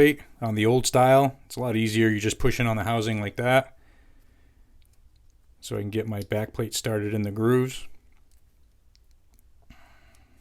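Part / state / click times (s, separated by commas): pistol slide back plate into rear of slide / not seated / none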